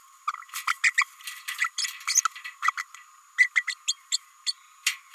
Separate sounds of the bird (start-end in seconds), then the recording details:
0.27-0.32, 0.83-0.93, 0.97-1.05, 1.59-1.70, 1.78-1.86, 2.07-2.21, 2.62-2.72, 2.77-2.85, 3.38-3.49, 3.55-3.64, 3.67-3.74, 3.87-3.96, 4.12-4.17, 4.46-4.53. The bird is a female. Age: 29 days. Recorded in a nest box in Venezuela. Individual 17B32A5